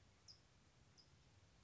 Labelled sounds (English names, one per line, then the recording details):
California Towhee
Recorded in Sonoma County, California